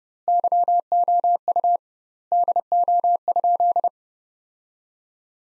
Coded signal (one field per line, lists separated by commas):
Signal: Morse code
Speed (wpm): 30 wpm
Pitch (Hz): 700 Hz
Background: none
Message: YOU DO?